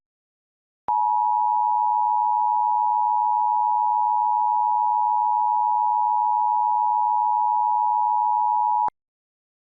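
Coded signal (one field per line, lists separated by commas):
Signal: Emergency Alert System (SAME) tones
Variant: 853 and 960 Hz attention tone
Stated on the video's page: Homemade EAS test with scrolls built from a template; tones stated valid.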